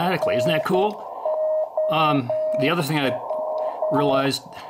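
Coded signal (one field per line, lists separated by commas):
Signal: Morse code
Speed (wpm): 9 wpm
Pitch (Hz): 620 Hz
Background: speech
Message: NOW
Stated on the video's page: CW pitch and sidetone from an Elecraft KX3 demonstrating its SPOT and Auto-SPOT features.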